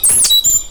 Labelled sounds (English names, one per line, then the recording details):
Stitchbird song
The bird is a male
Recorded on Tiritiri Matangi Island, New Zealand, in 2005
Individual 1, of nest box 1